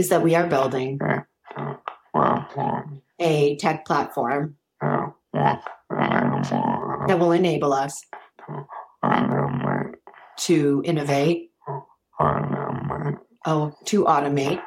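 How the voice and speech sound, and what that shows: Slow, effortful speech from an adult man with ALS, in short phrases split by pauses of about two seconds, with drawn-out sounds: dysarthria from ALS.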